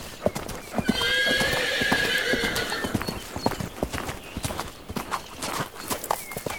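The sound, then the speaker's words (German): A knight's warhorse, a special horse for tournaments and fighting, whinnies with a high, wavering neigh lasting about two seconds, while hooves clip-clop in a steady series of sharp knocks that continue on their own afterward. “Und als drittes hat der Ritter das Streitross, also ein besonderes Pferd für Turniere und Kämpfe.”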